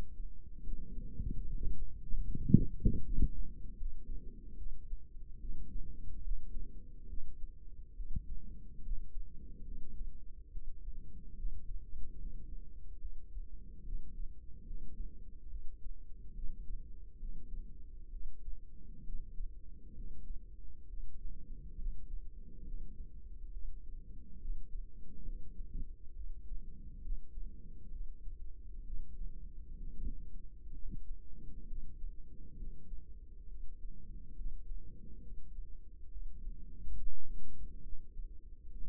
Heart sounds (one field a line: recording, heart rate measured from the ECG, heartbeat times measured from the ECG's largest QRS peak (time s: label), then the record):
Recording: heart sounds by microphone in the right ear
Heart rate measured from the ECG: 69 bpm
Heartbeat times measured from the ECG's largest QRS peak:
0.62 s: heartbeat
1.44 s: heartbeat
2.23 s: heartbeat
3.02 s: heartbeat
3.76 s: heartbeat
4.55 s: heartbeat
5.38 s: heartbeat
6.22 s: heartbeat
7.06 s: heartbeat
7.94 s: heartbeat
8.82 s: heartbeat
9.65 s: heartbeat
10.50 s: heartbeat
11.35 s: heartbeat
12.16 s: heartbeat
12.99 s: heartbeat
13.83 s: heartbeat
14.64 s: heartbeat
15.48 s: heartbeat
16.32 s: heartbeat
17.18 s: heartbeat
18.09 s: heartbeat
19.03 s: heartbeat
19.93 s: heartbeat
20.86 s: heartbeat
21.76 s: heartbeat
22.63 s: heartbeat
23.51 s: heartbeat
24.38 s: heartbeat
25.23 s: heartbeat
26.13 s: heartbeat
27.00 s: heartbeat
27.89 s: heartbeat
28.83 s: heartbeat
29.76 s: heartbeat
30.71 s: heartbeat
31.66 s: heartbeat
32.55 s: heartbeat
33.46 s: heartbeat
34.34 s: heartbeat
35.20 s: heartbeat
36.08 s: heartbeat
36.95 s: heartbeat
37.81 s: heartbeat
38.70 s: heartbeat
From the record:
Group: healthy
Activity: rest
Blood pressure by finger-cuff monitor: 103/75 mmHg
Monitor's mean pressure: 84 mmHg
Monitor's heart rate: 69 bpm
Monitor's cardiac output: 4.9 L/min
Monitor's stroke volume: 72 mL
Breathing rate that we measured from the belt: 24 breaths a minute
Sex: female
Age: 32 years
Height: 172 cm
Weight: 71.7 kg